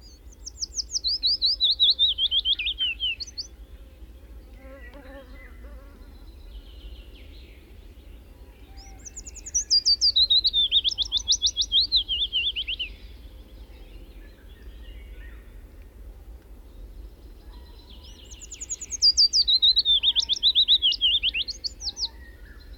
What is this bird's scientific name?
Phylloscopus trochilus